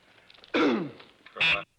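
A loud, voiced cough burst drops in pitch over about half a second, then a shorter, harsher burst follows just under a second later. A single cough with a brief follow-up expulsion from an adult man, as a sound effect.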